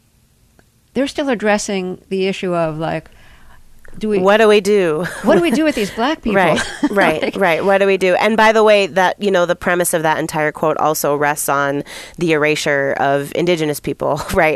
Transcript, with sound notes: they're still addressing the issue of, like...
What do we do?
What do we do with these black people (laughter)?
Right, right.
Like...
Right. What do we do? And by the way, you know, the premise of that entire quote also rests on the erasure of Indigenous people, right?